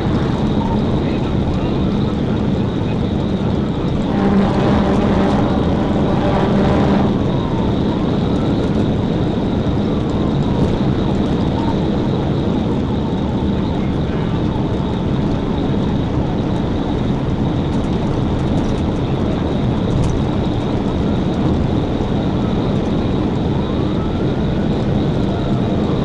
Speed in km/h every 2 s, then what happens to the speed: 214, 212, 212, 212, 216, 219, 208, 211, 212, 216, 221, 222, 222.
0-10 steady at about 212. 10-13 brakes to 208. 13-26 speeds up to 222.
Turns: none.